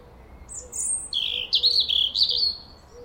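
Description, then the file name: European robin song: a thin, high whistled phrase starting with sharp piercing notes, then wavering, trilling warbles over about two seconds. "Erithacus rubecula"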